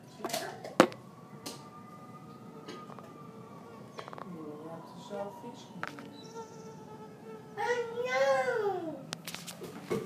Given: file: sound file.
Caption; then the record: Acoustic recording from wild male Culex pipiens mosquito in a living room in Menlo Park, CA, USA. Recording was done by one of the authors using a 2010-model iPhone 4.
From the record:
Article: Using mobile phones as acoustic sensors for high-throughput mosquito surveillance